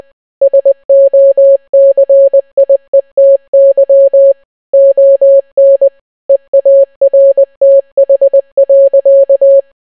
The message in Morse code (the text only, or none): SOCIETY ON EARTH.